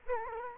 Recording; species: mosquito wingbeat signal from an infrared sensor; Culex quinquefasciatus